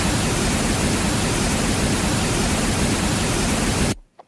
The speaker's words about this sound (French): Ceci serait un bruit rose.